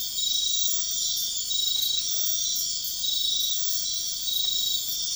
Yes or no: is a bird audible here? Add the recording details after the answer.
no. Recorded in dense forest near Puerto Asís, Putumayo, Colombia, on 4 March 2025 at 00:30. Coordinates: 0.500, -76.322. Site GP06